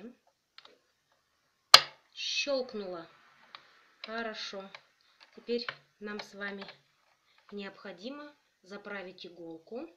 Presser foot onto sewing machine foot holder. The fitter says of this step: вот вставляем щелкнуло